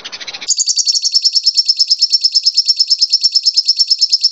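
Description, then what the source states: Bird song: a brief scratchy chatter quickly replaced by a bright, sustained high trill of evenly repeated pulsing notes. A combination of songs.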